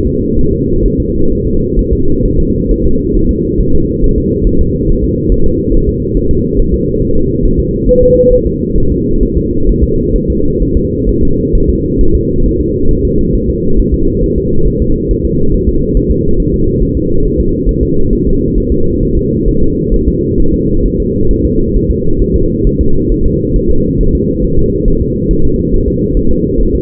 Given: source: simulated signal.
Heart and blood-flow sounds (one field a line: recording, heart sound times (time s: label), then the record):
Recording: fetal heart sounds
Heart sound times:
0.07 s: S2
0.39 s: S1
0.53 s: S2
0.86 s: S1
1.00 s: S2
1.32 s: S1
1.46 s: S2
1.79 s: S1
1.93 s: S2
2.25 s: S1
2.40 s: S2
2.71 s: S1
2.86 s: S2
3.16 s: S1
3.31 s: S2
3.61 s: S1
3.75 s: S2
4.04 s: S1
4.18 s: S2
4.47 s: S1
4.61 s: S2
4.89 s: S1
5.04 s: S2
5.32 s: S1
5.46 s: S2
5.74 s: S1
5.89 s: S2
6.17 s: S1
6.31 s: S2
6.59 s: S1
6.74 s: S2
7.02 s: S1
7.16 s: S2
7.45 s: S1
7.60 s: S2
7.89 s: S1
8.03 s: S2
8.33 s: S1
8.47 s: S2
8.78 s: S1
8.92 s: S2
9.23 s: S1
9.37 s: S2
9.69 s: S1
9.83 s: S2
10.16 s: S1
10.30 s: S2
10.62 s: S1
10.77 s: S2
11.09 s: S1
11.23 s: S2
11.55 s: S1
11.70 s: S2
12.01 s: S1
12.15 s: S2
12.46 s: S1
12.61 s: S2
12.91 s: S1
13.05 s: S2
13.35 s: S1
13.50 s: S2
13.80 s: S1
13.94 s: S2
14.24 s: S1
14.38 s: S2
14.67 s: S1
14.82 s: S2
15.11 s: S1
15.25 s: S2
15.54 s: S1
15.69 s: S2
15.97 s: S1
16.11 s: S2
16.40 s: S1
16.54 s: S2
16.83 s: S1
16.97 s: S2
17.25 s: S1
17.40 s: S2
17.69 s: S1
17.83 s: S2
18.13 s: S1
18.27 s: S2
18.58 s: S1
18.72 s: S2
19.03 s: S1
19.17 s: S2
19.48 s: S1
19.63 s: S2
19.94 s: S1
20.08 s: S2
20.40 s: S1
20.54 s: S2
20.86 s: S1
21.00 s: S2
21.31 s: S1
21.45 s: S2
21.77 s: S1
21.91 s: S2
22.22 s: S1
22.36 s: S2
22.67 s: S1
22.81 s: S2
23.12 s: S1
23.26 s: S2
23.56 s: S1
23.70 s: S2
24.01 s: S1
24.15 s: S2
24.45 s: S1
24.59 s: S2
24.88 s: S1
25.02 s: S2
25.31 s: S1
25.45 s: S2
25.74 s: S1
25.88 s: S2
26.17 s: S1
26.31 s: S2
26.61 s: S1
26.75 s: S2
From the record:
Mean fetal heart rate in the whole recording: 135 bpm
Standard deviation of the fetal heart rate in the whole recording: 3 bpm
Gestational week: 36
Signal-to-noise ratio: -17.7 dB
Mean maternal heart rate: 72 bpm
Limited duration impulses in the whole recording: present